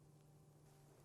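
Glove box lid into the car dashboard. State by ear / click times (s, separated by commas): not seated / none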